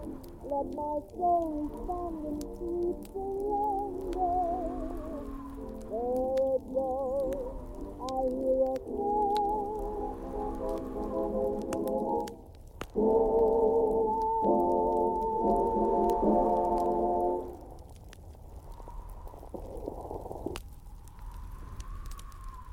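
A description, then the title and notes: Muffled oldies music plays from another room for about seventeen seconds, then fades to a low hum while sparse fire crackles pop throughout. Oldies playing in another room, Cozy Winter Nights.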